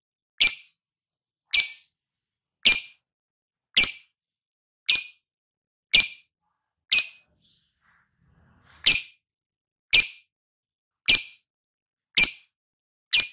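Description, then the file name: Lovebird calls: sharp high chirps repeated about once a second, with a brief gap midway and nothing else heard. Ngekek call type. "suara burung lovebird ngekek"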